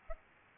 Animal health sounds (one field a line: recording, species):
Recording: mosquito wingbeat signal from an infrared sensor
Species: Aedes albopictus